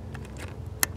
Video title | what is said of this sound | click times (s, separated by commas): 2017 GMC Acadia 3.6L V6 coolant temp. sensor installation. (Easy, without removing intake manifold) | You hear it click, and then we close the door. | 0.8 s